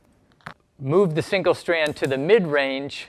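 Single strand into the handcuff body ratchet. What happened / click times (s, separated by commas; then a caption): The metal ratchet strand clicked in over its teeth / 0.3 s, 0.4 s, 0.5 s. The single strand of a Peerless metal handcuff is pushed into the cuff body, giving quick ratchet clicks at 0.3, 0.4 and 0.5 s as the pawl catches the steel teeth, and the strand is seated. Someone then talks for the rest of the clip.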